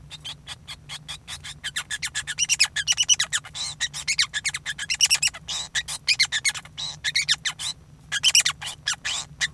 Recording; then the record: song of a male Bengalese finch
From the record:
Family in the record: son of father 5